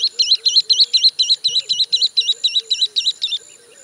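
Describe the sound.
Bird song, a clear phrase of more than a dozen identical looping whistled notes repeated rapidly and evenly, about four per second, then stopping.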